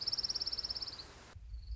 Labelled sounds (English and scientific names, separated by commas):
Orange-crowned Warbler (Leiothlypis celata)